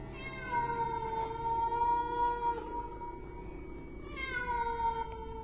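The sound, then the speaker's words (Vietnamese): A small cat-like creature hiding behind a table leg cries out several times in long, wavering, high-pitched meows with rich harmonics, rising and falling, over a low background rumble with no talking. “Cô còn đang run rẩy thì bất giác cái thứ ấy kêu lên mấy tiếng.”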